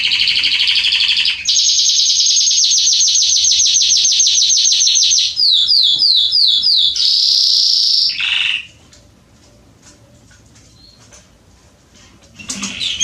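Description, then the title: Canary singing a long rapid trill that slows into separate slurred notes and a short whistle, followed by several seconds of near silence and a brief note. Male Belgian canary singing a lot, used to warm up and train young canaries. "Canary Training Esquente Seu Filhote E Canario Belga Macho Cantando Muito CANTO DO CANRIO"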